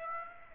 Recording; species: mosquito wingbeat signal from an infrared sensor; Aedes aegypti